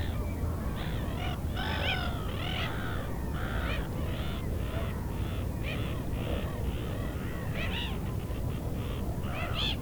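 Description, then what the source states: Eurasian wigeon calls mixed with many other waterbirds, a dense chorus of whistles and harsh notes over steady low rumbling noise. Wigeon calling on the fjord with other birds, Veddelev, Roskilde Fjord, Denmark; recorded with Sony PCM-D100 internal mics.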